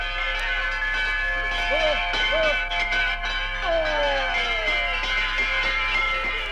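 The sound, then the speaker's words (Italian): Bronze livestock bells, cast in Switzerland and tuned to the seven musical notes, ring in a steady, overlapping cluster, their bright metallic tones sustaining and blending at several different pitches, with a few gliding notes mixed in throughout. “Sono autentiche campane di bronzo, fuse in Svizzera con le 7 note musicali.”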